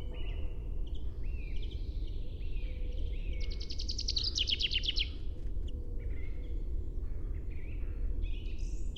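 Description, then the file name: Common chaffinch giving a quick run of repeated notes that drops in pitch, amid scattered chirps from other birds and a constant low background rumble. "Fringilla coelebs"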